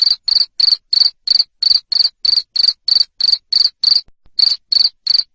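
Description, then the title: Loud cricket chirps, short shrill pulses repeated roughly three times a second in an even run, briefly interrupted once near the end. Loud cricket chirping used to stimulate lovebirds to sing continuously. "Suara JANGKRIK NGERIK Keras Bikin LOVEBIRD Jadi NGEKEK Terus Vubey"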